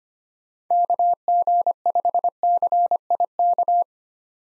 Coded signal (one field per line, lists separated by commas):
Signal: Morse code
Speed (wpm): 25 wpm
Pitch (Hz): 700 Hz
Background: none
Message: KG5CIK